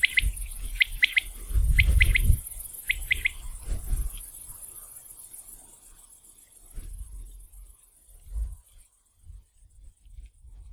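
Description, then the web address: Common quail giving its sharp three-note song, several quick phrases in the first four seconds, then near quiet with scattered low thumps and a faint high hiss. 15 July 2016. "fagelljud 20160715 vaktel"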